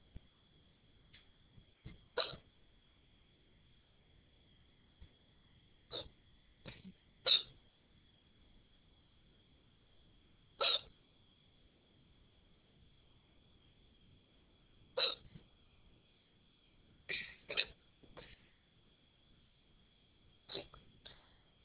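About ten sharp, abrupt hiccups from an adult at irregular intervals, with a faint steady high-pitched hum behind them.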